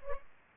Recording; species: mosquito wingbeat signal from an infrared sensor; Culex pipiens